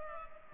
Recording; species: mosquito wingbeat signal from an infrared sensor; Culex pipiens